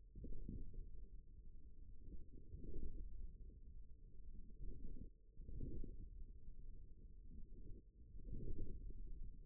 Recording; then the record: forearm muscle sounds (acoustic myography)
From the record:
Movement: forearm supination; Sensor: system 1, eight BSWA MPA416 microphones around the upper forearm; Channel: 3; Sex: male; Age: 41 years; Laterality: right